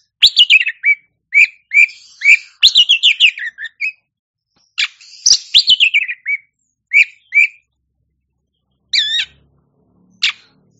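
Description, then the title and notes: Oriental magpie-robin singing fast, jumbled phrases of bright whistles and rasping chatter, then a few spaced whistles, including a quick warbled note. Champion song bird. "Kicau Burung Kacer Juara. Suara Kicauan Burung Kacer Juara"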